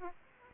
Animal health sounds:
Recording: mosquito wingbeat signal from an infrared sensor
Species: Aedes aegypti

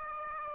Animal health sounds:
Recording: mosquito wingbeat signal from an infrared sensor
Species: Aedes aegypti

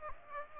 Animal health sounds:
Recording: mosquito wingbeat signal from an infrared sensor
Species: Aedes aegypti

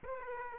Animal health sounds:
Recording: mosquito wingbeat signal from an infrared sensor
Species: Aedes aegypti

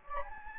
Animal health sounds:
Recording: mosquito wingbeat signal from an infrared sensor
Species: Anopheles gambiae

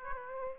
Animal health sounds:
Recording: mosquito wingbeat signal from an infrared sensor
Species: Aedes aegypti

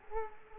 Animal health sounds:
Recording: mosquito wingbeat signal from an infrared sensor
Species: Culex quinquefasciatus

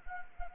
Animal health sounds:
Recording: mosquito wingbeat signal from an infrared sensor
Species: Anopheles arabiensis

